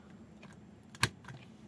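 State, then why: Seated. A supplied power cable's connector is plugged into its socket on an ECU simulator and seats in place, fitting exactly. Faint handling clicks come before a sharp, bright click at 1.0 s as the connector goes home, followed by a softer rattle around 1.3 s. No words are heard.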